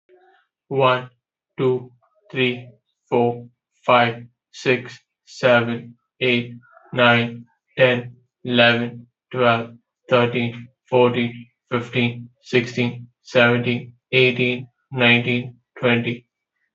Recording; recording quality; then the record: counting at a normal pace; excellent, no background noise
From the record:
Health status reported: healthy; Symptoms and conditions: none ticked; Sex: male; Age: 21 years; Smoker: not ticked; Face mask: not worn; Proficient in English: yes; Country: India